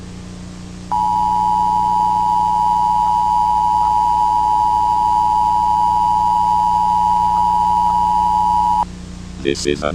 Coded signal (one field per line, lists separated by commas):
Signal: Emergency Alert System (SAME) tones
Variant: 853 and 960 Hz attention tone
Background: speech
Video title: SCP-2935 EAS